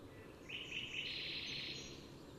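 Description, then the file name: Eurasian wren song, a bright, dense, high buzzy trill running steadily for nearly two seconds over a soft background hiss. "Troglodytes troglodytes"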